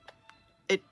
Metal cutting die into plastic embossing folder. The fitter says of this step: and you pop it in here like this now it it clicks into place